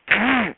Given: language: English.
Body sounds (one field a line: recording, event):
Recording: throat vibration sensor signal played as sound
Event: throat clearing